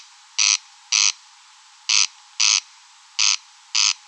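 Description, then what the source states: Corn crake rasping call, six harsh scraping notes grouped in pairs separated by short silences, no other sounds present. Recorded at Rønbjerg Enge.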